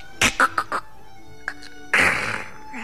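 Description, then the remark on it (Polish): A real hen being carried clucks in four quick, sharp bursts, then two fainter clucks follow after a pause before a louder, harsh, rustling squawk that carries on to the end. “Noszą kurę, prawdziwą kurę.”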